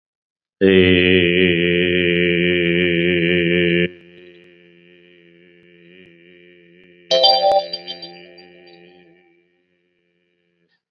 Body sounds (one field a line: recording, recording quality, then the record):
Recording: sustained vowel as in made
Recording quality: moderate, slight background noise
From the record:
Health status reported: COVID-19 positive, mild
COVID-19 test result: positive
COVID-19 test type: rapid antigen test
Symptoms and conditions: cough, fever, fatigue, muscle pain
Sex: male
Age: 44 years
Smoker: no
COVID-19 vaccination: both doses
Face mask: worn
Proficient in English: yes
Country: India